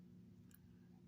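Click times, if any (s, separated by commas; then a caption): 0.6 s. A spring-assisted Kershaw Drivetrain folding knife is carefully opened one-handed, and its steel liner lock snaps into place behind the blade with a short, sharp click at 0.6 s over a steady low hum. The blade is locked open.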